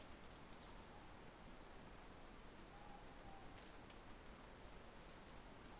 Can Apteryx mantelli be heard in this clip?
no